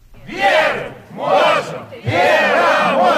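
A crowd of Belarusians picketing in front of the Belarusian consulate in Białystok chants in unison, three loud shouted phrases in a steady rhythm with brief dips between them, many voices blending together.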